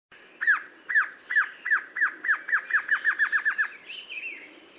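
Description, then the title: Glossy Antshrike calling: a series of sharp, downslurred notes that speeds up from spaced to rapid, with a short, scratchy higher phrase at the end. Subspecies araguayae, assumed from the recording location. "LuckyPassaro Completos2Sama. Glossy Antshrike (Sakesphorus luctuosus araguayae (ssp assumed from location))"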